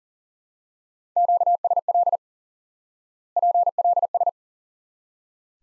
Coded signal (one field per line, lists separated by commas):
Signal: Morse code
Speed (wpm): 40 wpm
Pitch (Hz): 700 Hz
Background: none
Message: QSL PLS